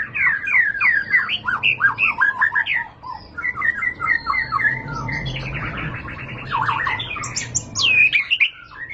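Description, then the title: White-rumped shama song: quick series of repeated slurred notes, a chattering run, then high sweeping whistles near the end. Lure recording (pancingan) of a high-class bird, much sought as a master tutor song for training caged birds. "Pancingan Murai Batu Berkelas Banyak Di Cari Buat Masteran"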